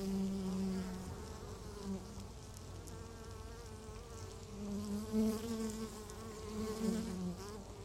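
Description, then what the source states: Honey bees buzzing, the low drone rising and falling as insects move about, swelling at the start and again in the second half. Beehive at Laren Gld., July 17th 2015; not a binaural recording.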